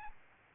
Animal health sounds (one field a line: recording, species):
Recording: mosquito wingbeat signal from an infrared sensor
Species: Aedes albopictus